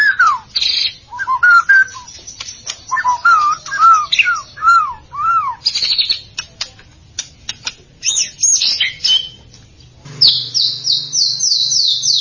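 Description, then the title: White-rumped shama song: slurred whistled notes and sharp clicks in a varied sequence, ending with a fast series of high repeated notes over faint hum. "Kicau Murai Batu"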